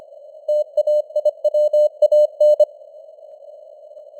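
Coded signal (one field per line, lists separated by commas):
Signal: Morse code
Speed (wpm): 25 wpm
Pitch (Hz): 600 Hz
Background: none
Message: TAIWAN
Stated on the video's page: Simulated 25 wpm Morse news headlines with added radio noise and varying signal strength (QSB).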